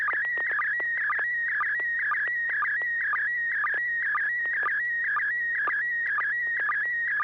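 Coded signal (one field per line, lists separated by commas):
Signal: SSTV (slow-scan television)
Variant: PD120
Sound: warbling, buzzy tone shifting in pitch, with short low chirps about twice a second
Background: low hum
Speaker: this will be pd120 and I actually don't know what this is so we'll we'll figure it out together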